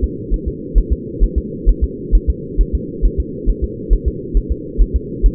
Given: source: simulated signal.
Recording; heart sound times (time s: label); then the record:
fetal heart sounds
0.04 s: S2
0.34 s: S1
0.48 s: S2
0.78 s: S1
0.92 s: S2
1.23 s: S1
1.38 s: S2
1.69 s: S1
1.84 s: S2
2.15 s: S1
2.30 s: S2
2.61 s: S1
2.75 s: S2
3.06 s: S1
3.20 s: S2
3.50 s: S1
3.64 s: S2
3.93 s: S1
4.08 s: S2
4.37 s: S1
4.52 s: S2
4.81 s: S1
4.96 s: S2
5.26 s: S1
From the record:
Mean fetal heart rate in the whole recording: 135 bpm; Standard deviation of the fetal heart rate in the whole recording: 3 bpm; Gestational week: 36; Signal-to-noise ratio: -4.1 dB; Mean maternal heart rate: no maternal heart sound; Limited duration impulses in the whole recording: absent